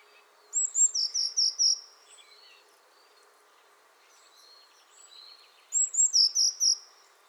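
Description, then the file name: Eurasian blue tit singing two phrases about five seconds apart, thin high notes falling into rapid repeated chirps. Faint softer calls between them over background noise. "Cyanistes caeruleus"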